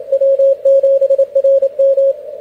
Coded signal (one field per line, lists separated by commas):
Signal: Morse code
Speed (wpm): 28 wpm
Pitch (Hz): 540 Hz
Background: radio noise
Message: W7RM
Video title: CQ WW CW W7RM G90 1Watt QRPp 40m 29/Nov/2020